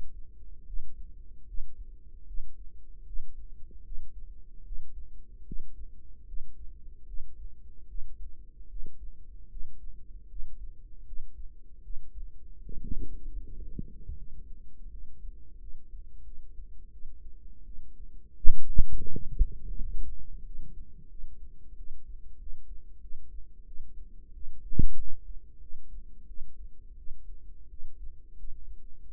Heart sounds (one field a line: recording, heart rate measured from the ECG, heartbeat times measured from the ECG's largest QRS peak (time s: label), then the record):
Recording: heart sounds by microphone in the right ear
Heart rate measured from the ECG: 82 bpm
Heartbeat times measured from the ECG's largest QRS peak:
0.65 s: heartbeat
1.46 s: heartbeat
2.26 s: heartbeat
3.05 s: heartbeat
3.83 s: heartbeat
4.63 s: heartbeat
5.44 s: heartbeat
6.25 s: heartbeat
7.05 s: heartbeat
7.86 s: heartbeat
8.67 s: heartbeat
9.48 s: heartbeat
10.27 s: heartbeat
11.04 s: heartbeat
11.81 s: heartbeat
12.61 s: heartbeat
13.40 s: heartbeat
14.15 s: heartbeat
14.88 s: heartbeat
15.58 s: heartbeat
16.23 s: heartbeat
16.90 s: heartbeat
17.63 s: heartbeat
18.40 s: heartbeat
19.09 s: heartbeat
19.76 s: heartbeat
20.42 s: heartbeat
21.07 s: heartbeat
21.75 s: heartbeat
22.37 s: heartbeat
22.99 s: heartbeat
23.64 s: heartbeat
24.32 s: heartbeat
24.95 s: heartbeat
25.59 s: heartbeat
26.25 s: heartbeat
26.95 s: heartbeat
27.67 s: heartbeat
28.35 s: heartbeat
29.04 s: heartbeat
From the record:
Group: healthy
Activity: Valsalva maneuver 0-6 s, rest 6-29 s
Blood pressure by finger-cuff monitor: 80/65 mmHg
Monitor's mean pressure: 70 mmHg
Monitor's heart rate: 76 bpm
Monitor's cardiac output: 5.2 L/min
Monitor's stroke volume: 70 mL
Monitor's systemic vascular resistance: 900 dyn s/cm5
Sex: female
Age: 19 years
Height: 163 cm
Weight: 48.9 kg